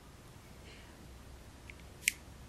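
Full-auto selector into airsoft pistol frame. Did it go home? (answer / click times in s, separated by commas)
yes / 2.1 s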